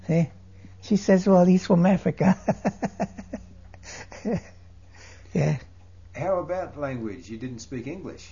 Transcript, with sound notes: See, she says, "Well, he's from Africa." ( he laughs ) Yeah.
How about language? You didn't speak English.